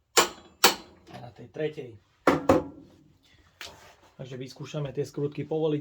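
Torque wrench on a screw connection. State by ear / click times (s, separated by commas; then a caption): torque reached / 0.2 s, 0.7 s. A torque wrench set to 190 Nm tightens the third screw of a screw connection and gives sharp clicks at 0.2 s and 0.7 s, confirming it reached torque. After that, someone talks.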